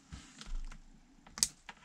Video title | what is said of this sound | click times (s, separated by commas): DIY Puzzle 3D Vintage car TG504 Rolife | pour l'instant pas de problème pour ça s'enclenche une fois donc j'avais mis | 1.4 s